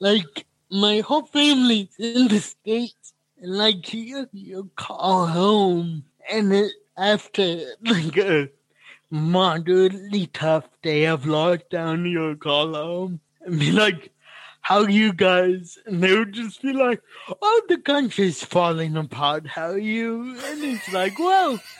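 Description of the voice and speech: A man with cerebral palsy talks casually with nasal, drawn-out sounds and slack consonants, a mild dysarthria.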